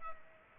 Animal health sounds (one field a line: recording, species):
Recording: mosquito wingbeat signal from an infrared sensor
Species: Culex pipiens